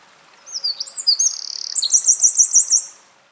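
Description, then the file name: Eurasian wren with a loud, high-pitched strophe of quick varied notes, a buzzy trill and a run of sharp repeated notes that fades out. "Troglodytes troglodytes"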